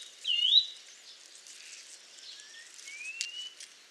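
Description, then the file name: Eurasian nuthatch calls: one clear wavering whistled note near the start, then fainter rising whistles later over a soft background hiss. "Sitta europaea"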